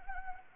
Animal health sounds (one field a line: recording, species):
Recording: mosquito wingbeat signal from an infrared sensor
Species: Anopheles arabiensis